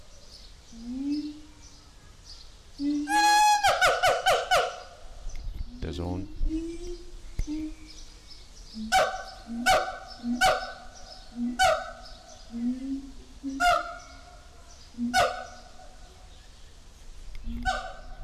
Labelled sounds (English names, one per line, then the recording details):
Siamang
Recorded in captivity
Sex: diverse
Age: diverse
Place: Zoo Berlin, Berlin, DE
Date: 1998-06-20
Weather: wolkig - heiter, 18° C
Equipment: Sony MD-WM MZ-R3, Sennheiser ME 80, Kopie Uher 4000 Report Monitor
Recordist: Tembrock, Günter